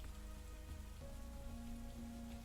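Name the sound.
rain falling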